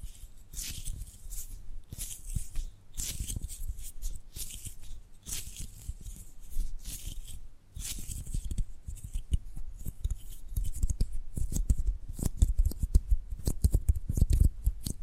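Tapping and gripping sounds come as dense, irregular clicks and crisp scratchy bursts, growing busier and sharper in the last several seconds.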